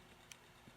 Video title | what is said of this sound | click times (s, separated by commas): Easy Beginner Stretch Bracelet \ DIY Jewelry | you go that way you know it's nice and tight in there clicks together so | 0.3 s